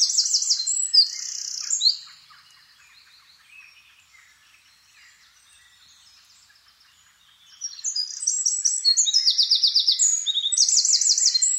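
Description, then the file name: Eurasian wren song: two loud bursts of high, rapid trills and sharp twittering notes. The first lasts about two seconds, then a quiet gap, then a longer burst near the end. "Troglodytes troglodytes"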